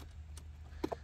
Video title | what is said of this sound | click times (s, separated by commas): Check out This Jeep Cherokee Tesla Style Out! | get underneath you you hear the clips clicking off pull this upwards here there you go | 0.4 s, 0.8 s, 0.9 s